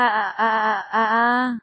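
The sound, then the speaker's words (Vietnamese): Three drawn-out, eerie vocal wails come from a man's mouth, his eerie breathing turning into screams. They follow one another with brief dips between them. Each is a strained, steady-pitched moaning cry that holds loud and then cuts off abruptly. “Từ trong miệng nam tử, những tiếng thở ghê rợn liên tục phát ra, có điều chỉ vài giây sau đó, chúng đã biến thành những tiếng gào thét.”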